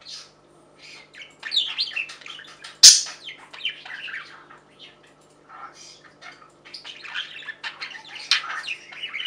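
Budgerigar chatter: soft scratchy warbles broken by a sudden loud squawk, then more irregular chirping and buzzy notes building toward the end.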